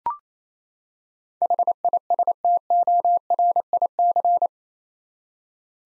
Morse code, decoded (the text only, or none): HISTORIC